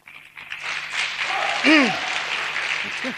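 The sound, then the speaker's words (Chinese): An audience at a xiangsheng (crosstalk comedy) performance breaks into steady applause after a tongue twister about stewing frozen tofu, a dense wash of clapping that holds for several seconds, with a few brief vocal exclamations rising over it. “别鼓掌、啊、 怎么人家大家伙知道这是功夫， 这功夫一辈子了，活得没出息。”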